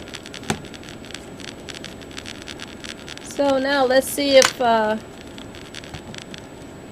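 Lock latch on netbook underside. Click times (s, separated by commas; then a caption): 0.5 s. After installing memory in an ASUS Eee PC 1001 PXD netbook, the compartment lock latch on the underside is pressed into the locked position, giving a sharp plastic click at 0.5 s. Faint ticks follow, and someone talks from about 3.4 to 5.0 s. The lock is seated.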